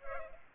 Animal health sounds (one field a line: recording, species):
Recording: mosquito wingbeat signal from an infrared sensor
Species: Culex pipiens